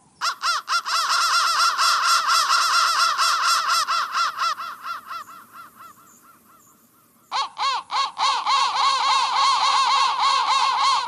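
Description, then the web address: Crow caws: loud rapid cawing that tapers to a hush around six seconds, then bursts back with dense, steady harsh calls. "soundfactory crow"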